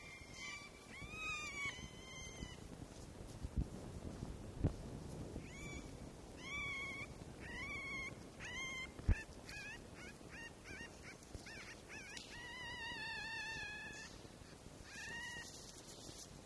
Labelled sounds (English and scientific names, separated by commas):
Red Fox (Vulpes vulpes)